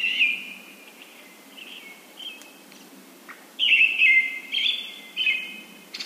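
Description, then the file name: Brown-headed thrush song, two phrases of whistled notes, the second louder, with a brief high note at the end. "akahara"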